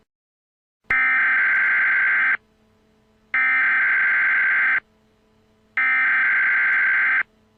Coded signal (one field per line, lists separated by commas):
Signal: Emergency Alert System (SAME) tones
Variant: header bursts